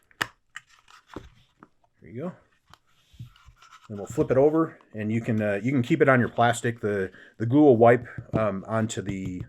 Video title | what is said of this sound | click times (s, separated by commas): Grimbeard's Academy of Conjuring Kit Tutorial GB003 - Dice Tower | ahead and push these together into their grooves so that that one side clicks into place | 0.2 s